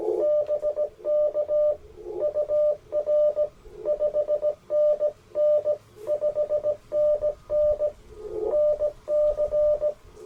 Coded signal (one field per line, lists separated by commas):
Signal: Morse code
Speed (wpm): 21 wpm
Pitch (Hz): 600 Hz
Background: radio noise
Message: BK UR 5NN 5NN NC